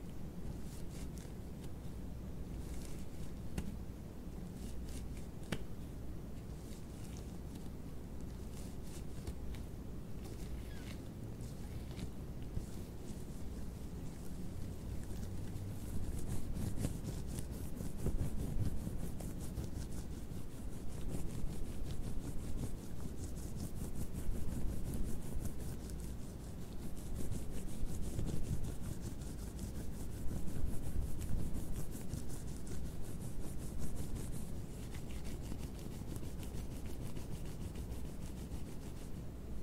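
Latex gloves rub and squeak against hands in a continuous dense rustle, growing louder midway, with occasional sharp snaps and a low steady hum.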